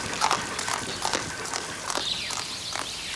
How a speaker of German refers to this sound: Hey, Kutscher! Zum Zentralpark! Hier kommen aber das Pferd!